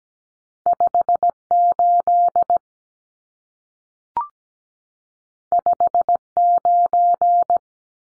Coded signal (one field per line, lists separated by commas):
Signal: Morse code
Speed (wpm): 17 wpm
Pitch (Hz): 700 Hz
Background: none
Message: 58 59